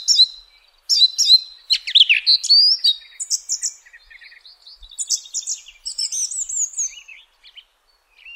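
Song thrush singing varied phrases, some doubled, mixing clear whistles with scratchy, twittering notes and a brief buzzy trill.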